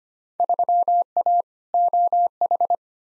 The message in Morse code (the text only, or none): 3A OH